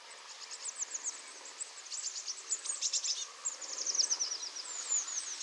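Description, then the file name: Eurasian blue tit calls: rapid, thin, very high chips and short descending notes in quick overlapping bursts, growing busier after two seconds, over faint background hiss. "Cyanistes caeruleus"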